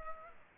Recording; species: mosquito wingbeat signal from an infrared sensor; Culex pipiens